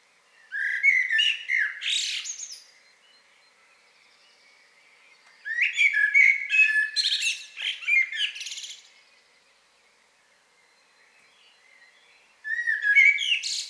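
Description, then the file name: Common blackbird song: three separate phrases, each opening with low mellow fluted whistles and ending in a high, squeaky twitter, with quiet gaps of several seconds between. "Turdus merula"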